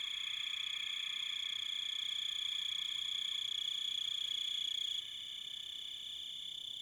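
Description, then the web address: Cricket song, a steady high continuous pulsed trill with strong harmonics, holding for five seconds before dropping in level. "Echoes of Nature - American Wilds. Crickets"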